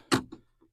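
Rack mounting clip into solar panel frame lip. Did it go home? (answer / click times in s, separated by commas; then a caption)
yes / 0.1 s. Metal mounting clips on a PowerRack ground-mount solar rack are pushed in under the lip of the solar panel frame. A sharp click at 0.1 s marks the clip snapping under the panel lip and seating, followed by fainter taps around 0.3 s and 0.6 s.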